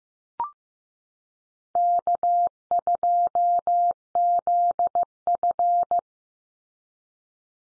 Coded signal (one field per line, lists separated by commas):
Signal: Morse code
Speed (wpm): 15 wpm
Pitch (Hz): 700 Hz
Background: none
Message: K2ZF